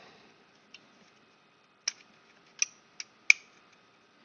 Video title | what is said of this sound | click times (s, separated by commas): Milwaukee M18 High Output 12A Battery Repair, Rebuild and Upgrade | Snap right in. | 3.3 s